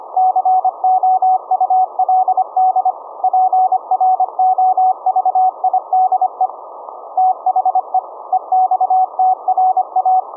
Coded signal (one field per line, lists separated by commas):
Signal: Morse code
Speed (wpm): 25 wpm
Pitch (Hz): 750 Hz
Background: none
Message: COULD PROVIDE THE EXTRA